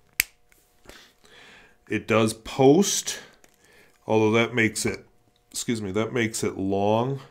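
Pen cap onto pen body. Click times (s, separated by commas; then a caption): 0.2 s. A cap is pushed onto an Aihao 20253 refillable fountain pen and clicks shut with a sharp, loud snap at 0.2 s, seating fully. Someone then talks.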